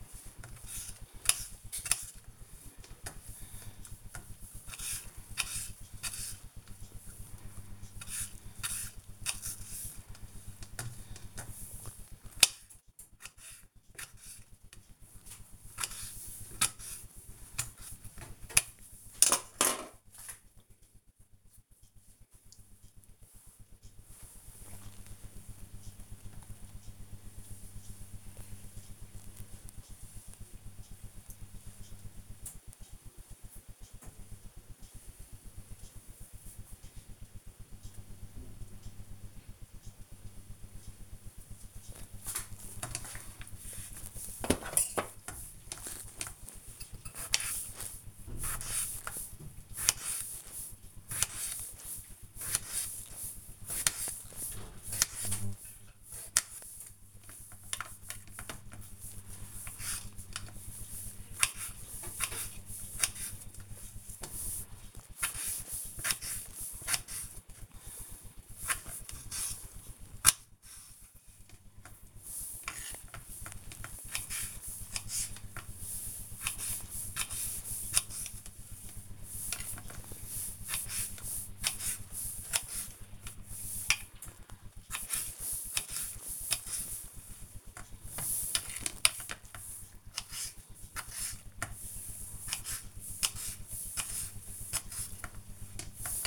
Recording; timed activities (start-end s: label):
household activities, microphone on the right wrist
0.00-18.97 s: cutting vegetables
42.15-96.27 s: cutting vegetables